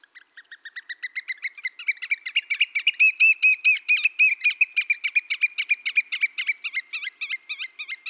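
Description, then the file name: Eurasian oystercatcher piping: loud, shrill whistled notes repeated rapidly, building into a fast ringing trill that loosens again toward the end. "Huitrier pie"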